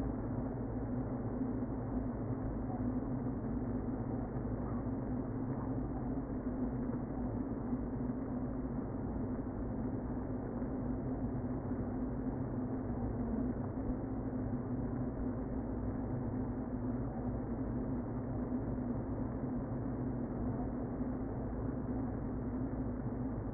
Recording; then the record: honeybee colony, microphone inside the hive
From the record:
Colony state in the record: queen present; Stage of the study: before two queens were removed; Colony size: about 60,000 bees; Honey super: yes